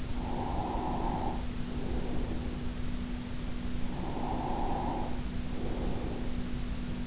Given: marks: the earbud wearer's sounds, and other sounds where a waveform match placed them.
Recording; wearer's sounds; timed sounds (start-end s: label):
sounds in sleep by an in-ear microphone; breath
0.00-3.00 s: breath
3.97-6.81 s: breath